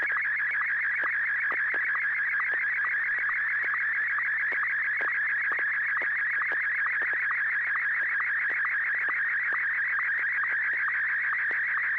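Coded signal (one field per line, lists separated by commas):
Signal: SSTV (slow-scan television)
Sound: warbling, chirping tone shifting rapidly in pitch, with fast regular ticking sync pulses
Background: FM radio hiss, low hum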